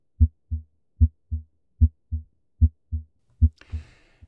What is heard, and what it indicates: Two normal heart sounds, the so-called lub and dub. These normal heart sounds are due to valve closure. The first one representing closure of the atrioventricular valves, in other words, mitral and tricuspid, and the second heart sound due to closure of the outflow valves, aortic and pulmonary.